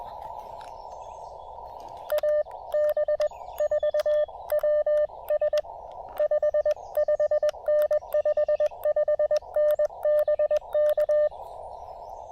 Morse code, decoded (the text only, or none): AB4WS 55N 55N BK